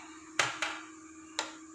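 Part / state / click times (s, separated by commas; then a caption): RAM module into motherboard memory slot / seated / 0.4 s, 1.4 s. A RAM module is pressed into a motherboard memory slot until the retaining clips on the right and left sides click shut. Sharp clicks land at 0.4 s and 1.4 s, with a softer snap at 0.6 s, over a faint steady hum. The module is seated and locked in place.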